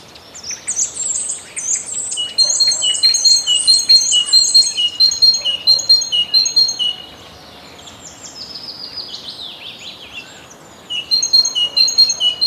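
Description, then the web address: Great tit song, bright two-note phrases repeated quickly in long runs, with another bird's descending rapid trills between the bursts. "Przyroda Ptaki Bogatka"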